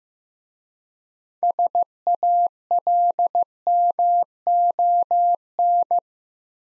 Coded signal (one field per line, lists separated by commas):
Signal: Morse code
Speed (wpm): 15 wpm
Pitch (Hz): 700 Hz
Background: none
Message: SALMON